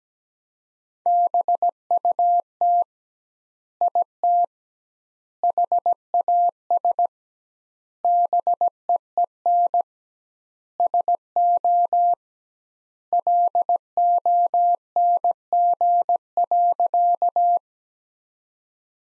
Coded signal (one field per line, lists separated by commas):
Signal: Morse code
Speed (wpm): 17 wpm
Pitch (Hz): 700 Hz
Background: none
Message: BUT IT HAS BEEN SO LONG.